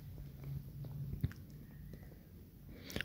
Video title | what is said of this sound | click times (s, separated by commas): 2-26 Hammer Drill machine repair | हो गया आगे से पीछे से दोनों साइड से लॉक हो गया है तो | 1.3 s, 3.0 s